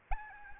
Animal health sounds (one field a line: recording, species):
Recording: mosquito wingbeat signal from an infrared sensor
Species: Aedes albopictus